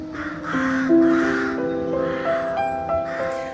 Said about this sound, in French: The sound that we can hear now, the rooks and the trees. Vous entendez donc tout ce bruit des corneilles, je pense, des rooks en anglais.